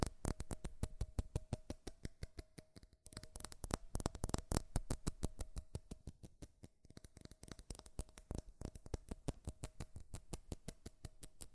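Fast, furious tapping on metal, a dense run of sharp clicks that rarely lets up across the twelve seconds. A faint steady ringing tone sits underneath, and the tapping briefly thins out around three seconds and again near seven before resuming.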